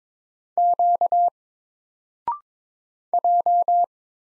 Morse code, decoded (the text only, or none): Q J